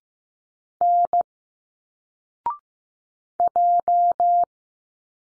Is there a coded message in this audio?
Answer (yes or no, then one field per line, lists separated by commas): yes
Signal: Morse code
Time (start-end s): 0.8-4.4 s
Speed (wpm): 15 wpm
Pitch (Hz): 700 Hz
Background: none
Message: N J